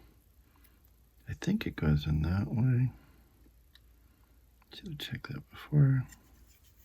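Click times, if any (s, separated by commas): none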